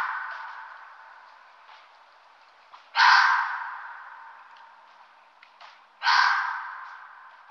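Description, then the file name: Red fox screams, hoarse and raspy, two loud cries about three seconds apart, each dying away gradually. "volpe"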